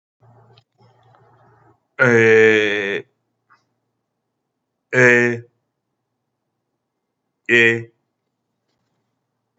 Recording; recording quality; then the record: sustained vowel as in made; excellent, no background noise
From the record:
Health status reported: healthy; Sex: male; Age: 53 years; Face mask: not worn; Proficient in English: yes